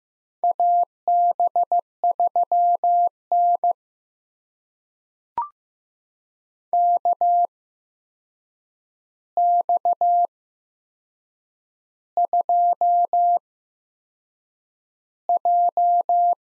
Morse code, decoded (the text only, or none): AB3N KX2J